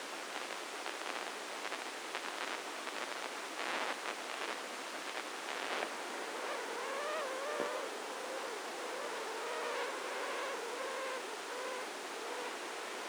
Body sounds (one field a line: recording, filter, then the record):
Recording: brain microelectrode recording played as sound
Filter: spike band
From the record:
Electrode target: subthalamic nucleus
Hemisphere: left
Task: reaching with the right hand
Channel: 1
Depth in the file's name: 2.062 mm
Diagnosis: Parkinson's disease